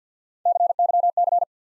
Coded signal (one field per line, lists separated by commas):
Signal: Morse code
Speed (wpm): 48 wpm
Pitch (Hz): 700 Hz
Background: none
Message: CYC